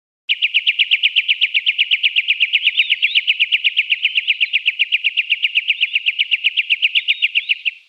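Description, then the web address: White-winged triller calling with a sustained, rapid, steady trill of high buzzy notes, unbroken for nearly eight seconds. Canberra garden. "canberra-garden-birds cuckoo-shrikes white-winged-triller"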